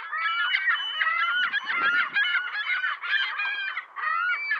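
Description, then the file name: Ring-billed gull calls: a busy chorus of nasal, harmonic squeals and yelps overlapping throughout. "Digiffects Sound Effects Library - Ring-Billed Gull Call"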